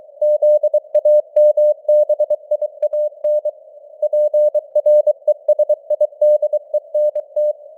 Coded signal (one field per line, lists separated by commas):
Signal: Morse code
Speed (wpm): 23 wpm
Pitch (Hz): 600 Hz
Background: none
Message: ZAMBIAN PRESIDENT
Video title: Morse Code News | 2025-12-19 | 23wpm